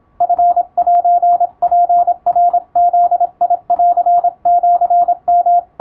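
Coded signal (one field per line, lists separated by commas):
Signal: Morse code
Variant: Japanese Wabun code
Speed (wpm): 26 wpm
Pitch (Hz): 700 Hz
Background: radio noise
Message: チセツナブンシヨ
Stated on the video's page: Morse receiving practice for radiotelegraph operators, using typing-speed test practice texts as material.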